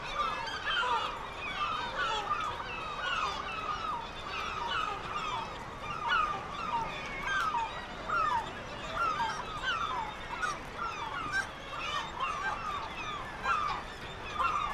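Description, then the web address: Black-legged kittiwake calls, many short nasal notes in uneven bursts. "Black legged kittiwake. دانلود-صدای-پرنده-کاکایی-پاسیاه"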